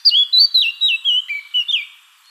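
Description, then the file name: Eurasian blackcap giving a loud fluting phrase of about eight clear whistled notes, each sliding down, the series mostly stepping lower before fading out. "Sylvia atricapilla"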